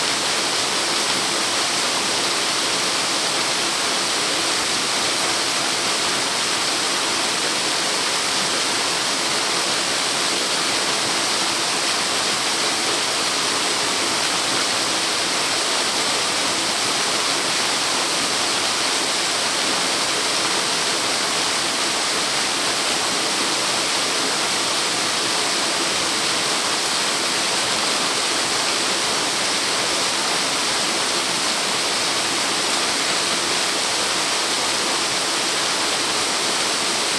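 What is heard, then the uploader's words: A waterfall pours in a steady, dense rush that never lets up across the whole recording. The roar is full, weighted toward a bright hiss with a softer low rumble underneath, and no other sounds break through. Binaural Waterfall Sounds. All our audio is recorded infield with special ambisonic audio recording equipment. For you listening pleasure it is then transformed to binaural audio, so you can experience the spatial sound on your headphones. In the transformation process we simulate very slow head movements in the ambisonic soundfield.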